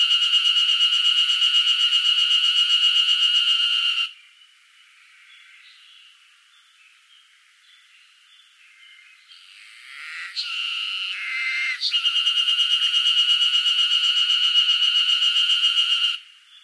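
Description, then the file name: Cicada song, a loud pulsing buzz for four seconds, then a quiet stretch with softer wavering tones, before the rapid pulsed drone returns from twelve to sixteen seconds. Northern Japan, summer. "INSECT CICADA NORTHERN JAPAN SUMMER"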